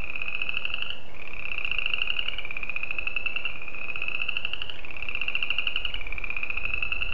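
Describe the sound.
Spring peeper calling, a sustained shrill pulsing tone moving through short segments at slightly different pitches.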